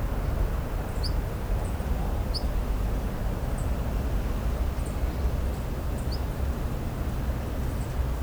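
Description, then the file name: Long-tailed rosefinch calls: a few short, thin, high notes given singly at irregular intervals over a steady low rumble. "benimasiko"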